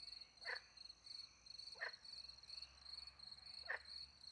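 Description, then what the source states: Frog, three short abrupt call notes spaced unevenly, with crickets trilling steadily throughout. Frogs with crickets at night in countryside beside a little pond, France; microphones hidden in a tree close to the pond; two Usi Pro microphones into a MixPre 10 II recorder.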